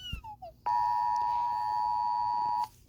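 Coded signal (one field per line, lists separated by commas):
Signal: Emergency Alert System (SAME) tones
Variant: 853 and 960 Hz attention tone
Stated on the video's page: Fictional EAS scenario.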